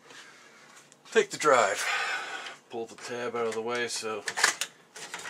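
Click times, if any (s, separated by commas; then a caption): 4.6 s. A hard drive is slid into a bay of a Drobo 5N network storage enclosure, with the tab pulled out of the way, and pushed until it snaps onto the backplane while someone talks. A sharp click at 4.6 s marks the catch popping over in front of the drive, and it is seated.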